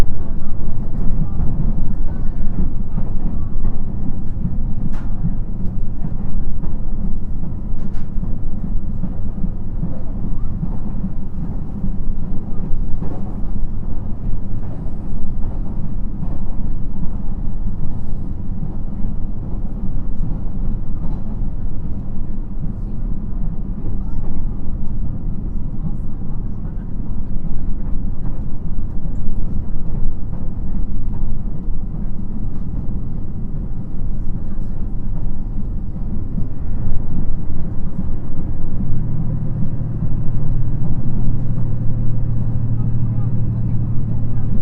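Onboard running sound of a 2700 series diesel railcar between Kotohira and Okayama: a steady, dense low rumble that holds an even level throughout. Faint clicks and knocks pass at irregular moments, and a low steady hum rises out of the roar near the end.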